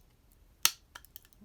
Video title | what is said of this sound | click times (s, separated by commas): Raspberry Pi 4 Build Guide | until you hear a click simply slide it over | 0.7 s